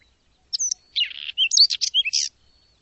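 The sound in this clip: Bird song: a quick phrase of varied high chirps, sweeps and short trills, lasting under two seconds, set against silence.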